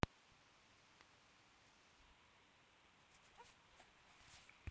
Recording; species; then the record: mosquito flight sound by mobile phone; Aedes sierrensis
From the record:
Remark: free flight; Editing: field recording with all noises